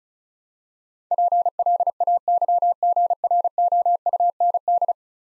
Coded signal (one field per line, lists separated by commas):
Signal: Morse code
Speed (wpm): 35 wpm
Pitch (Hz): 700 Hz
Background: none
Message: PLAYGROUND